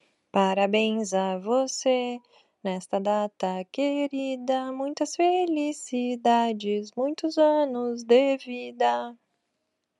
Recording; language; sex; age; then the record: short text; Brazilian Portuguese; female; 40 to 49 years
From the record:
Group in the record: control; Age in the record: 44 years